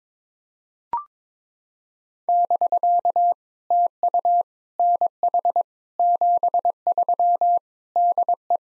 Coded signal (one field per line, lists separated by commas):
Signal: Morse code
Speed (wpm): 22 wpm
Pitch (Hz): 700 Hz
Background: none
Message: <BK> TU NH 73 DE